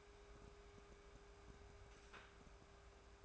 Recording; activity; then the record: daily activity, microphone in the room; take from stove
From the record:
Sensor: 2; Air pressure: 1010.1 hPa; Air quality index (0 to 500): 162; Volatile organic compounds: 7 ppm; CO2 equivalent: 2033 ppm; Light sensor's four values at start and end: 42/101/45/51 and 42/101/45/51